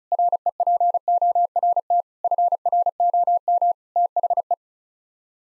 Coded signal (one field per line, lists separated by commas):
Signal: Morse code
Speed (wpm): 36 wpm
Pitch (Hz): 700 Hz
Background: none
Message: REPORT FROM THE